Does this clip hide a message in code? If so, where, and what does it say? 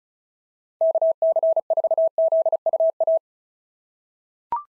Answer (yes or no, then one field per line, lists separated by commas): yes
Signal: Morse code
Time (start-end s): 0.8-3.2 s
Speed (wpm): 33 wpm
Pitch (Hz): 660 Hz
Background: none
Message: KC4ZUA